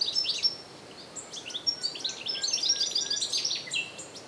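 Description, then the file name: European goldfinch chattering: a fast, tinkling stream of high chirps and short buzzy trills, nearly continuous after a brief early pause. "Carduelis carduelis"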